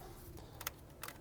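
An electrical connector on a BMW N55 engine's injector or ignition coil plug (2009-2019 BMW E90 335i, F30 335i, F87 M2, E82 135is) is being handled by hand, to be pushed in until it bottoms out before its plastic locking bail is closed, because the lock can close without the connector fully bottomed. Two brief, sharp handling ticks are heard at about 0.7 s and 1.0 s over a quiet background. Nothing has seated or clicked yet.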